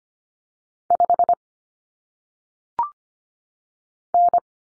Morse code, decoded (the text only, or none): 5 N